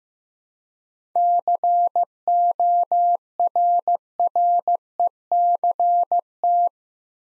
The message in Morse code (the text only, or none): CORRECT